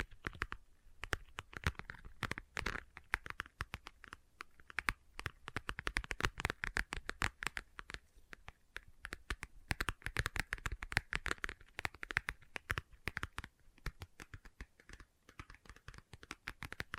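Leather being tapped and scratched, a dense run of quick, sharp clicks and scrapes that patter unevenly, like fingers drumming and picking at a surface. The pace stays busy throughout, with brief thinner gaps around 8 and 14 seconds.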